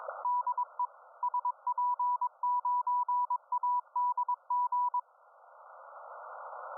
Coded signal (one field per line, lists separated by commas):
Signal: Morse code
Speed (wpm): 20 wpm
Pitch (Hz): 980 Hz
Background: none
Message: DE SP9ADG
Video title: Monitor the Situation : CW & Ham Radio 5.3.2026